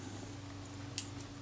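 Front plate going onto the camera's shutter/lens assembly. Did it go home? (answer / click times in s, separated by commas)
no / none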